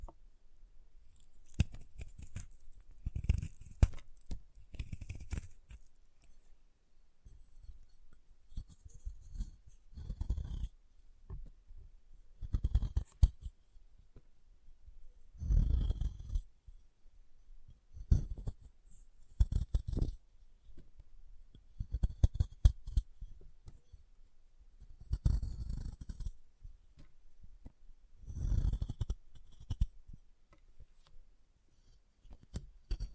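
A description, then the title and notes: Chalk being carved and cut, with irregular scraping and snipping bursts every few seconds, dry, quiet between strokes. ASMR Chalk Carving and Cutting Sounds (No Talking).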